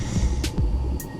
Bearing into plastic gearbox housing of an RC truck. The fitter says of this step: There you go. You'll hear it click into place.